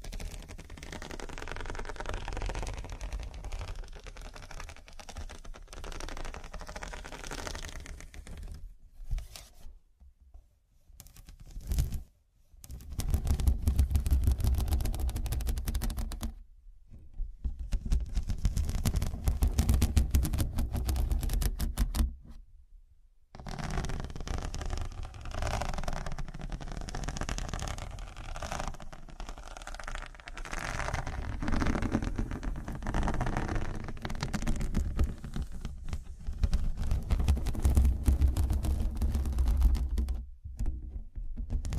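Dense, rough scratching with a heavy low rumble, broken by short silences near 10, 16 and 22 seconds before resuming in rapid bursts.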